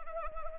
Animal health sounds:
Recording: mosquito wingbeat signal from an infrared sensor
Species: Anopheles arabiensis

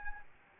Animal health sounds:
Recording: mosquito wingbeat signal from an infrared sensor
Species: Aedes albopictus

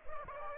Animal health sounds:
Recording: mosquito wingbeat signal from an infrared sensor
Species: Aedes aegypti

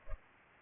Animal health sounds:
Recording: mosquito wingbeat signal from an infrared sensor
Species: Culex pipiens

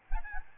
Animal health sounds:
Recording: mosquito wingbeat signal from an infrared sensor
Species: Aedes albopictus

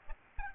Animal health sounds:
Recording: mosquito wingbeat signal from an infrared sensor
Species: Aedes albopictus

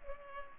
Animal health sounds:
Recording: mosquito wingbeat signal from an infrared sensor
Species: Culex pipiens

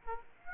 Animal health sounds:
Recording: mosquito wingbeat signal from an infrared sensor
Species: Aedes aegypti

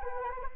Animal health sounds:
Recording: mosquito wingbeat signal from an infrared sensor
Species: Anopheles arabiensis

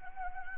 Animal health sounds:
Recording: mosquito wingbeat signal from an infrared sensor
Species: Anopheles gambiae

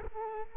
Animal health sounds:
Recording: mosquito wingbeat signal from an infrared sensor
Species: Culex quinquefasciatus

